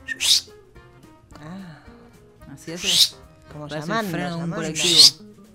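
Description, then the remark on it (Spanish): A person imitates the whistle call of a bird from the valley: three sharp, high hissing whistle bursts spaced apart, with voiced, warbling sounds in between, fairly loud and with no other talk. “No, a mí se me hace que es como un guardián del lugar ahí. Ah, puede ser, puede ser. Que se manifiesta con el silbo, tipo”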